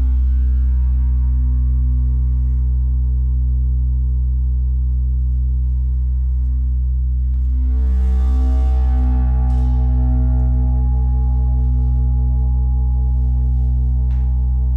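A gong bath: deep, sustained tones ring steadily throughout, with a strong low hum and layered overtones shimmering above. Around eight seconds a fresh strike adds a bright, washing swell that slowly settles back into the ongoing drone, with faint metallic touches later.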